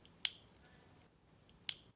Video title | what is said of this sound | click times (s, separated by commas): Deutsch DTM Connector Assemble using Special Crimping Tool | you should hear each pin click into place | 0.2 s, 1.7 s